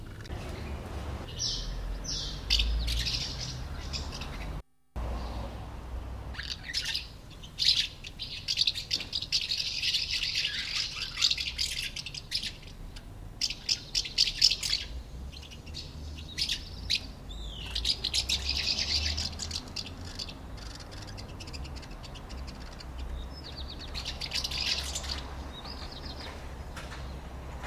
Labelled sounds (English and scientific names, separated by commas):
Common House Martin (Delichon urbicum)